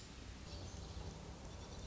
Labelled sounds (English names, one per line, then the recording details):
Pacific Wren
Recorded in Sonoma County, California